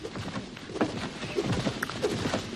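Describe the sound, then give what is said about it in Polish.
Footsteps walking at an uneven pace, a string of hard clacking thuds over a steady, noisy background with no voices. “Noga za nogą. Krok za krokiem.”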